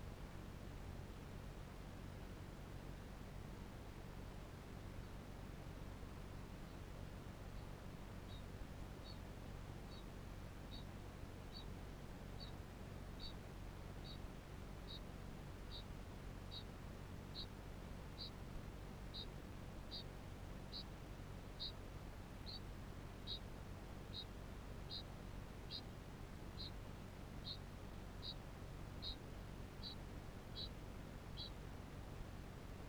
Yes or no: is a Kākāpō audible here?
yes